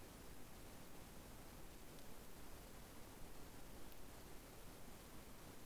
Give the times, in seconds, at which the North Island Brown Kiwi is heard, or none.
none